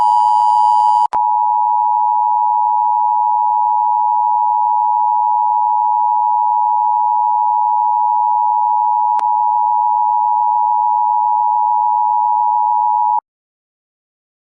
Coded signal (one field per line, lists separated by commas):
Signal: Emergency Alert System (SAME) tones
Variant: 853 and 960 Hz attention tone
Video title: EAS scenerio brightest sun ever